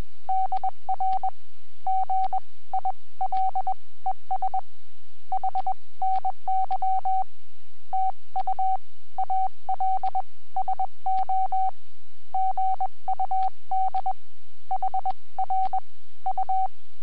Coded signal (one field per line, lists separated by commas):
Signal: Morse code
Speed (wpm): 20 wpm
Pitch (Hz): 760 Hz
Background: radio noise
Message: DR GILES HNY TU ALSO GUD HR U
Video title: Webcam video from 20 January 2015 at 08:10 (UTC)..G0NXA,,30M CW QSO